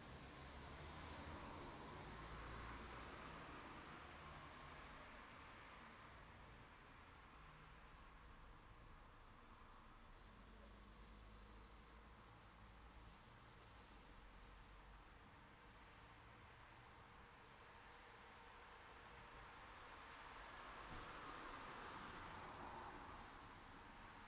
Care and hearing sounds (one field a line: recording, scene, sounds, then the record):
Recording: everyday scene through a hearing-aid microphone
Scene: in traffic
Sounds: traffic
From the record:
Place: city secondary road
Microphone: in the ear canal, right